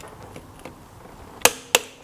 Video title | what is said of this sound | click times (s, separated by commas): FIRST OIL CHANGE TIPS & PITFALLS + MK7 DIFFERENCES - MK8 VW GOLF GTI CLUBSPORT | and when you hear it click | 1.7 s